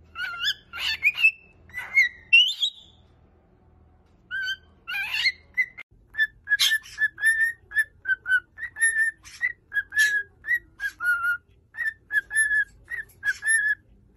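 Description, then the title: Cockatiel song: a few harsh, rising chirps, a short pause, then a rapid run of short, repeated whistled notes at a steady pitch. Several cockatiels, whistling song. "Calopsitas Cantando Assobio"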